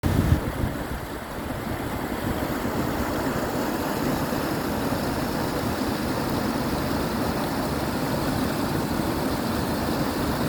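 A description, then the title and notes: Water gushes through the locks between the canal and the lake at Ulriksdal in a steady, dense rush with a heavy low rumble underneath. A brief louder surge opens the first second, then the flow holds even and unbroken to the end. Gushing water and locks separating the canal and the lake at Ulriksdal.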